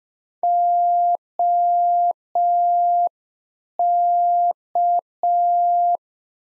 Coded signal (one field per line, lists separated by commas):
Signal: Morse code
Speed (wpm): 5 wpm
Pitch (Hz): 700 Hz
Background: none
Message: OK